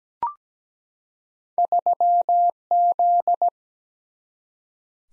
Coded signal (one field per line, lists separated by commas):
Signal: Morse code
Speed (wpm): 17 wpm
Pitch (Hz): 700 Hz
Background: none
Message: 3Z